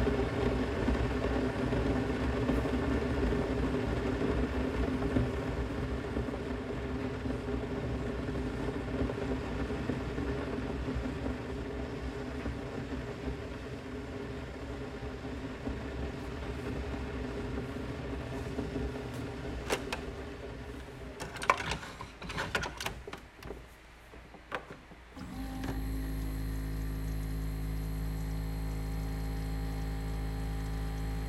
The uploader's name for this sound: Making tea